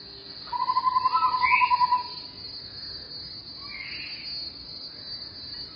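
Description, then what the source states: Taiwan scimitar babbler call, a fast, even, pulsed trill held for about one and a half seconds, then soft background hiss. Calls are very varied; two kinds of its call played, recorded at home in the mountain town.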